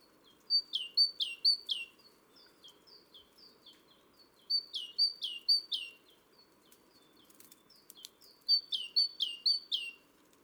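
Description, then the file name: Great tit calls, three bursts of loud, quick repeated chirps with softer notes between. "Parus major"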